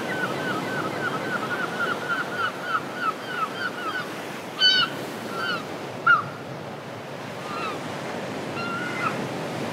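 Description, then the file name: Gull calls: a rapid series of short yelping notes, then scattered louder cries, all above steady wave and wind noise. "seagull sound"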